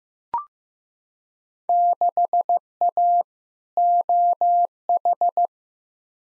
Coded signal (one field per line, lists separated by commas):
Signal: Morse code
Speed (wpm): 16 wpm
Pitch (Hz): 700 Hz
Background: none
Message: 6A OH